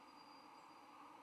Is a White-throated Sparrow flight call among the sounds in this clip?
yes